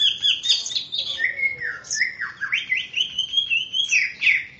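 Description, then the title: Greater green leafbird song, a continuous run of whistles and squeaky chirps rising and falling quickly, notes tumbling over one another with no breaks. "KICAU BURUNG CUCAK IJO"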